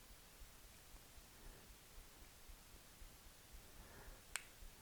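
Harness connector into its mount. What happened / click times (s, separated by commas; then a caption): The connector snapped down into its mount / 4.4 s. A harness connector for a G-Body hidden wiring harness is pressed down into its mount until it snaps in on one side. After quiet low rustling, one sharp snap is heard at 4.4 s. The connector is seated in place.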